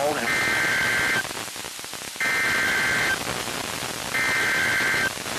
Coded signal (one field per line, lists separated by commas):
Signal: Emergency Alert System (SAME) tones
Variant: header bursts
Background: speech